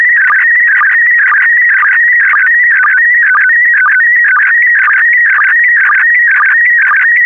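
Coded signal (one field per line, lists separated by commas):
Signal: SSTV (slow-scan television)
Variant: PD120 mode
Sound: continuous warbling tone wandering in pitch, with short low blips about twice a second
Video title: (04 of 12) ISS Expedition 63 - ARISS Series 16 Satellites October 2020 - Retransmission SSTV PD120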